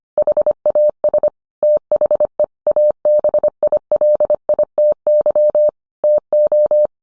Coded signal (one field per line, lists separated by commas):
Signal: Morse code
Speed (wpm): 25 wpm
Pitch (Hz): 600 Hz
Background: none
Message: HAS THE ABILITY TO